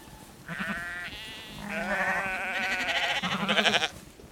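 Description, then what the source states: Sheep bleating in a run of overlapping, quavering harmonic bleats, one after another for about three seconds, rough and nasal. A herd of sheep walking close by, bleating.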